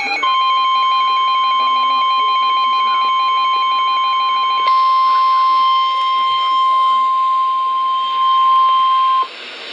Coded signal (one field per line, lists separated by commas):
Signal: Emergency Alert System (SAME) tones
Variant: 1050 Hz attention tone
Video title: NOAA - Flood Warning (EAS #905)